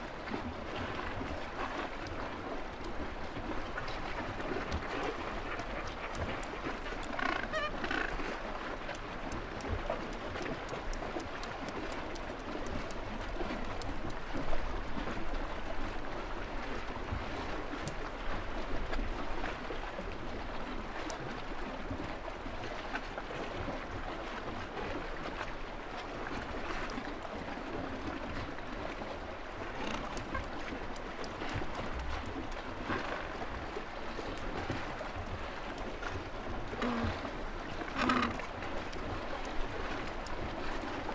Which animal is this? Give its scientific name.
Pygoscelis papua